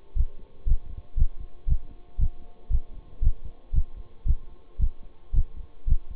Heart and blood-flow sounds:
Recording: heart sounds by stethoscope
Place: between the tricuspid and mitral areas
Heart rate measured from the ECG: 116 bpm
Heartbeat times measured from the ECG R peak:
0.17 s: heartbeat
0.68 s: heartbeat
1.18 s: heartbeat
1.69 s: heartbeat
2.20 s: heartbeat
2.72 s: heartbeat
3.23 s: heartbeat
3.75 s: heartbeat
4.27 s: heartbeat
4.81 s: heartbeat
5.35 s: heartbeat
5.88 s: heartbeat
From the record:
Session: bicycle stress test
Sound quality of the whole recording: good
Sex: male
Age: 26 years

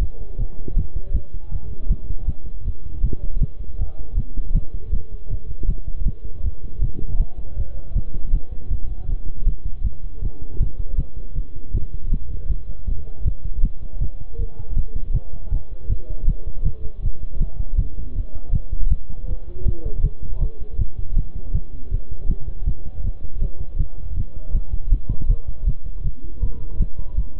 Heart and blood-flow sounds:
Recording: heart sounds by stethoscope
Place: between the tricuspid and mitral areas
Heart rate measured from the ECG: 159 bpm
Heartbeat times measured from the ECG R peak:
0.01 s: heartbeat
0.39 s: heartbeat
0.77 s: heartbeat
1.14 s: heartbeat
1.52 s: heartbeat
1.90 s: heartbeat
2.28 s: heartbeat
2.66 s: heartbeat
3.04 s: heartbeat
3.41 s: heartbeat
3.79 s: heartbeat
4.17 s: heartbeat
4.55 s: heartbeat
4.93 s: heartbeat
5.31 s: heartbeat
5.69 s: heartbeat
6.06 s: heartbeat
6.44 s: heartbeat
6.82 s: heartbeat
7.20 s: heartbeat
7.57 s: heartbeat
7.96 s: heartbeat
8.34 s: heartbeat
8.71 s: heartbeat
9.09 s: heartbeat
9.47 s: heartbeat
9.84 s: heartbeat
10.23 s: heartbeat
10.61 s: heartbeat
10.98 s: heartbeat
11.36 s: heartbeat
11.74 s: heartbeat
12.12 s: heartbeat
12.50 s: heartbeat
12.88 s: heartbeat
13.26 s: heartbeat
13.63 s: heartbeat
14.01 s: heartbeat
14.39 s: heartbeat
14.77 s: heartbeat
15.14 s: heartbeat
15.52 s: heartbeat
15.90 s: heartbeat
16.28 s: heartbeat
16.65 s: heartbeat
17.03 s: heartbeat
17.41 s: heartbeat
17.78 s: heartbeat
18.16 s: heartbeat
18.53 s: heartbeat
18.91 s: heartbeat
19.28 s: heartbeat
19.66 s: heartbeat
20.04 s: heartbeat
20.41 s: heartbeat
20.79 s: heartbeat
21.17 s: heartbeat
21.54 s: heartbeat
21.92 s: heartbeat
22.29 s: heartbeat
22.67 s: heartbeat
23.04 s: heartbeat
23.42 s: heartbeat
23.79 s: heartbeat
24.17 s: heartbeat
24.55 s: heartbeat
24.92 s: heartbeat
25.30 s: heartbeat
25.67 s: heartbeat
26.05 s: heartbeat
26.43 s: heartbeat
26.80 s: heartbeat
27.18 s: heartbeat
From the record:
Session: bicycle stress test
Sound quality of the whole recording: good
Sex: male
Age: 23 years

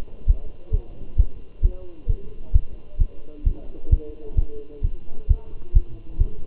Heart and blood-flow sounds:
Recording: heart sounds by stethoscope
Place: between the tricuspid and mitral areas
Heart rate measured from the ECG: 132 bpm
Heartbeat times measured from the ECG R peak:
0.29 s: heartbeat
0.74 s: heartbeat
1.19 s: heartbeat
1.65 s: heartbeat
2.10 s: heartbeat
2.55 s: heartbeat
3.01 s: heartbeat
3.47 s: heartbeat
3.92 s: heartbeat
4.38 s: heartbeat
4.84 s: heartbeat
5.30 s: heartbeat
5.76 s: heartbeat
6.21 s: heartbeat
From the record:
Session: Bruce protocol treadmill stress test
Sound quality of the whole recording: good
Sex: male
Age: 27 years

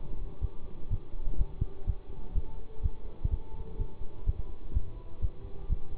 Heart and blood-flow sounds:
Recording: heart sounds by stethoscope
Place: between the tricuspid and mitral areas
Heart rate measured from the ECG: 125 bpm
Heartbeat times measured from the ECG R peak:
0.40 s: heartbeat
0.88 s: heartbeat
1.36 s: heartbeat
1.85 s: heartbeat
2.33 s: heartbeat
2.81 s: heartbeat
3.29 s: heartbeat
3.77 s: heartbeat
4.24 s: heartbeat
4.72 s: heartbeat
5.20 s: heartbeat
5.67 s: heartbeat
From the record:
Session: bicycle stress test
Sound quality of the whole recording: good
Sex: male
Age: 24 years

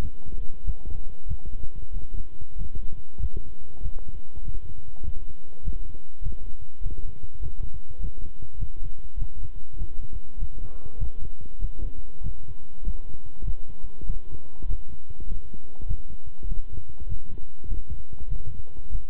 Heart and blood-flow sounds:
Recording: heart sounds by stethoscope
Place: between the tricuspid and mitral areas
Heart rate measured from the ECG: 99 bpm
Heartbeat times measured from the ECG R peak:
0.63 s: heartbeat
1.26 s: heartbeat
1.91 s: heartbeat
2.56 s: heartbeat
3.18 s: heartbeat
3.81 s: heartbeat
4.42 s: heartbeat
5.03 s: heartbeat
5.62 s: heartbeat
6.21 s: heartbeat
6.81 s: heartbeat
7.40 s: heartbeat
7.99 s: heartbeat
8.57 s: heartbeat
9.17 s: heartbeat
9.77 s: heartbeat
10.37 s: heartbeat
10.97 s: heartbeat
11.59 s: heartbeat
12.21 s: heartbeat
12.83 s: heartbeat
13.43 s: heartbeat
14.05 s: heartbeat
14.66 s: heartbeat
15.26 s: heartbeat
15.86 s: heartbeat
16.46 s: heartbeat
17.07 s: heartbeat
17.67 s: heartbeat
18.28 s: heartbeat
18.90 s: heartbeat
From the record:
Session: walking at 3.7 km/h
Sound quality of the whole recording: good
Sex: male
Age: 26 years

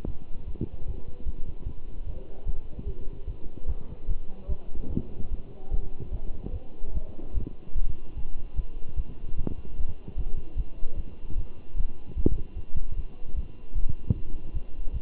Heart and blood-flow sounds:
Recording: heart sounds by stethoscope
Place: between the tricuspid and mitral areas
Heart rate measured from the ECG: 149 bpm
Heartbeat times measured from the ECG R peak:
0.07 s: heartbeat
0.47 s: heartbeat
0.86 s: heartbeat
1.25 s: heartbeat
1.65 s: heartbeat
2.06 s: heartbeat
2.46 s: heartbeat
2.86 s: heartbeat
3.27 s: heartbeat
3.68 s: heartbeat
4.07 s: heartbeat
4.48 s: heartbeat
4.89 s: heartbeat
5.30 s: heartbeat
5.71 s: heartbeat
6.12 s: heartbeat
6.53 s: heartbeat
6.94 s: heartbeat
7.34 s: heartbeat
7.75 s: heartbeat
8.16 s: heartbeat
8.56 s: heartbeat
8.96 s: heartbeat
9.36 s: heartbeat
9.77 s: heartbeat
10.16 s: heartbeat
10.56 s: heartbeat
10.97 s: heartbeat
11.37 s: heartbeat
11.76 s: heartbeat
12.16 s: heartbeat
12.56 s: heartbeat
12.96 s: heartbeat
13.35 s: heartbeat
13.74 s: heartbeat
14.14 s: heartbeat
14.53 s: heartbeat
14.93 s: heartbeat
From the record:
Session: Bruce protocol treadmill stress test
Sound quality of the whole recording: good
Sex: male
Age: 23 years

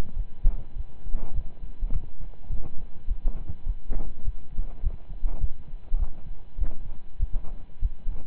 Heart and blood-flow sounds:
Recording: heart sounds by stethoscope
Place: between the tricuspid and mitral areas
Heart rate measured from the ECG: 102 bpm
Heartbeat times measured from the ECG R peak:
0.13 s: heartbeat
0.73 s: heartbeat
1.32 s: heartbeat
1.90 s: heartbeat
2.47 s: heartbeat
3.05 s: heartbeat
3.63 s: heartbeat
4.22 s: heartbeat
4.80 s: heartbeat
5.38 s: heartbeat
5.96 s: heartbeat
6.56 s: heartbeat
7.17 s: heartbeat
7.79 s: heartbeat
From the record:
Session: slow and fast walking with breaks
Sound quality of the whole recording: saturated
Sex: male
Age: 25 years

